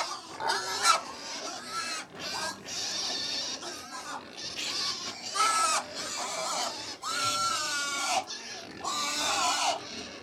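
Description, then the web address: Pigs squealing and grunting while feeding, with repeated squeals over a continuous noisy background. About 100 pigs feeding. "BBC Sound Effects Library. Approx 100 Pigs Feeding"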